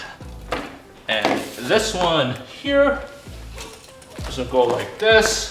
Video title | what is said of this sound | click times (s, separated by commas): Best 6" Moded Folding Table in 2021 under $100 on Amazon? Cosco Diamond Series 6" Folding Table | up like this and this looks like it'll snap in place | 0.5 s